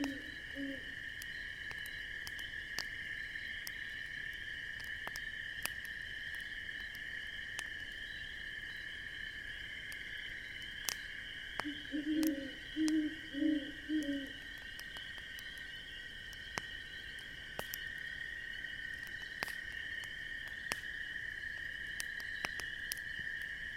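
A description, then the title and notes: A crackling campfire snaps with sharp, irregular pops scattered throughout. Behind it, a steady shrill chorus of insects holds a constant high pitch. A low, croaking call sounds briefly at the start and returns in a short run of pulses around twelve to fourteen seconds. Sitting near the crackling campfire on this crisp autumn evening.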